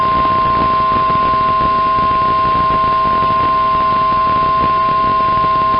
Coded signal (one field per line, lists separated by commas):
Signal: Emergency Alert System (SAME) tones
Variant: 1050 Hz attention tone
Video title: [EAS #114-141] June 21st, 2021 Severe Weather Event